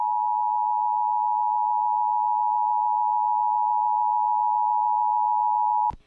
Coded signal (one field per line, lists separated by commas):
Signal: Emergency Alert System (SAME) tones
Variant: 853 and 960 Hz attention tone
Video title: EAS Required Monthly Test (Iowa Statewide) +WeatherSTAR4000 August 2020